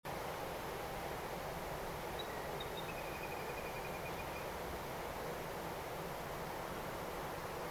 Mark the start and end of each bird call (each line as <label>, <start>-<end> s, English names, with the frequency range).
Little Grebe (1.8-4.2 kHz), 2.17-4.43 s